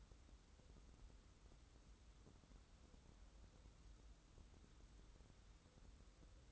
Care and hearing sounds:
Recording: daily activity, microphone in the room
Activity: wipe stove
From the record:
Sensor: 3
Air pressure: 994.5 hPa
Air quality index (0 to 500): 210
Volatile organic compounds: 1000 ppm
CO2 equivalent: 6988 ppm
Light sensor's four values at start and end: 198/477/201/200 and 197/474/200/198

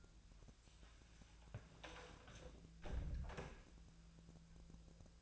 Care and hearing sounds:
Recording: daily activity, microphone in the room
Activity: close door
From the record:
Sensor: 2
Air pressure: 1000.4 hPa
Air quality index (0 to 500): 173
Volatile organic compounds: 3 ppm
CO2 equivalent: 1438 ppm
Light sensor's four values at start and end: 10/23/10/10 and 10/23/9/10

